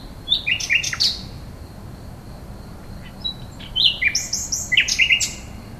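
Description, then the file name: Nightingale song in short, separate phrases of bright chirps and quick repeated notes, with pauses between them. "rossignol"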